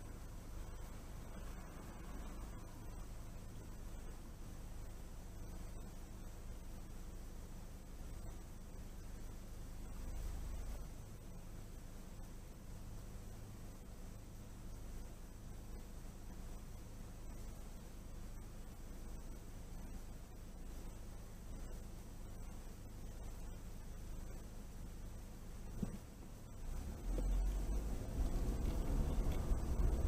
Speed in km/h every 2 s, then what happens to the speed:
0, 0, 0, 0, 0, 0, 0, 0, 0, 0, 0, 0, 0, 3, 11.
0-25 standing. 25-30 pulls away to 11.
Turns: none.